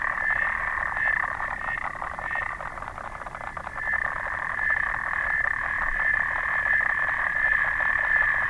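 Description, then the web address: Clawed frog clicking calls: a dense, steady stream of rapid metallic ticks, running together into a continuous buzz without pause. "sounds xenopus"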